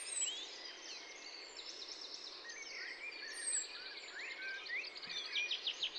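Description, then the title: Several birds sing together, a dense mix of high chirps, trills and short whistles over a constant background hiss. Spring birds in Massignieu-de-Rives, France; recorded on a Tascam DAP-1 with a Télingua microphone, edited in Samplitude 5.1. "147 Route de la Tuilerie, 01300 Massignieu-de-Rives, France - chien en laisse au loin et oiseaux de printemps."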